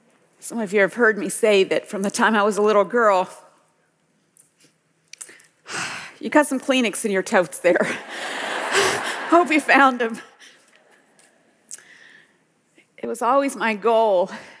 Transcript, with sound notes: Some of you have heard me say that, from the time I was a little girl—you’ve got some Kleenex in our totes there. Hope you’ve found them (laughter) —it was always my goal